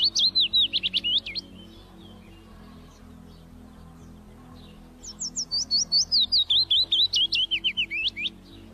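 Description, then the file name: Common chiffchaff song: the tail of one phrase of high, alternating chip notes, a pause of about three and a half seconds, then a longer phrase of many notes. "Canto do felosa comum"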